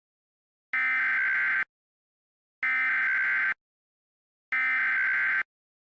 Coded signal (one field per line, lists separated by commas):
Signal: Emergency Alert System (SAME) tones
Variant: header bursts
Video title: EAS Reenactment Mock: New Hampshire and their SPAM Practice/Demo Warnings